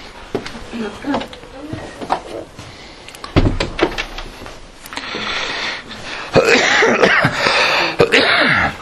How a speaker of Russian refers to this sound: А, дверь закрыть?